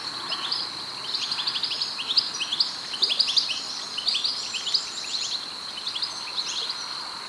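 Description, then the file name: European goldfinch calls, a busy run of short, bright twittering notes throughout, over a steady high-pitched hiss. "Carduelis carduelis"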